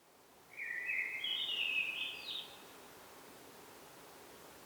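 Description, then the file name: Common blackbird giving one chattering, slightly rising phrase of about two seconds, high and twittery, followed by quiet background hiss. "Turdus merula"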